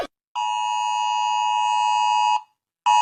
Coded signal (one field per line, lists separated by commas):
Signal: Emergency Alert System (SAME) tones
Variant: 853 and 960 Hz attention tone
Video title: Reacting To Animated EAS Alarm